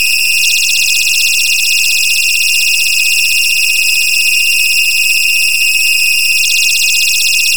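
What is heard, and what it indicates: Steady, piercing high-pitched ringing with several layered tones and a fast pulsing buzz runs without a break for about seven seconds, with no low sounds beneath. It is a computer-made simulation of tinnitus, the ringing in the ears a person hears without any outside sound.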